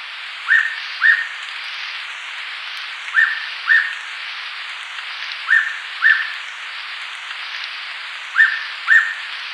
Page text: Hooded Pitta Song. Quick Sounds